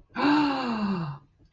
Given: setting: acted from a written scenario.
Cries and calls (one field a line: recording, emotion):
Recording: vocal sound without words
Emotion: awe